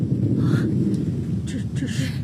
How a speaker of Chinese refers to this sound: 这是打雷了。莫非老天爷真的显灵啊！